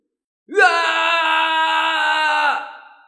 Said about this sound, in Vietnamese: Thạch Thảo thét dài, thanh âm chấn động mảnh tinh không này.